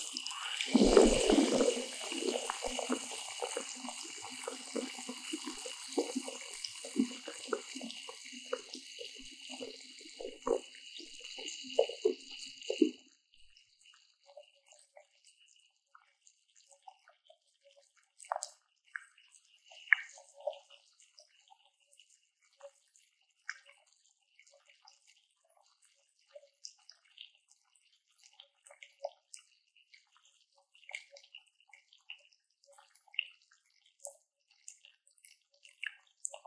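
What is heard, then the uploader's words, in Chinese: Sparkling water fizzes loudly at first, a dense crackling hiss with low gurgling underneath that fades over the opening thirteen seconds. After that the low rumble drops away and only sparse, scattered bubble pops and faint crackles remain, irregular and quiet until the end. 氣泡水入侵耳朵!!Ears in Sparkling Water。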